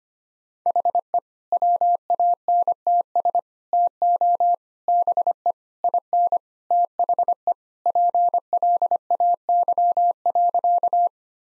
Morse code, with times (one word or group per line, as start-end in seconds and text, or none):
0.7-1.2 HE
1.5-3.4 WANTS
3.7-4.5 TO
4.9-5.5 BE
5.8-6.4 IN
6.7-7.5 THE
7.9-11.1 PLAY.